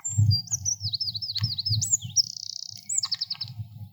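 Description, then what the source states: Eurasian wren song: a fast, high, rippling run of trilled and warbled notes with a buzzy stretch in the middle, over a steady low rumble. Recorded at Allihies.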